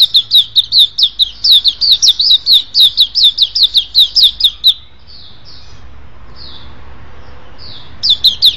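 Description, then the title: Oriental magpie-robin song: a fast run of identical sharp whistled notes, a short quiet gap with a few soft notes, then the run resumes. "Kicau Kacer"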